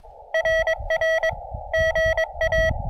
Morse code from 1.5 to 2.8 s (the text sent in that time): GA